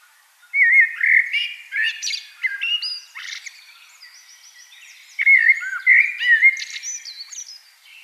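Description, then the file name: Common blackbird delivering two loud melodious phrases, each a run of mellow whistles breaking into brief high chattering notes, separated by a short pause. "Turdus merula"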